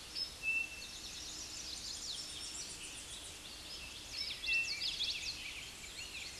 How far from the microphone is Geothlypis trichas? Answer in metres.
about 15 m